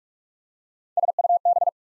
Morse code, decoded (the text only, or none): SUB